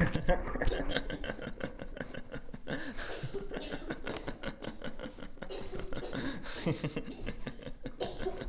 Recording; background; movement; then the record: laughter; a bystander coughing; walking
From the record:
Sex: male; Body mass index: 22.0 kg/m2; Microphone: on the chest, facing the body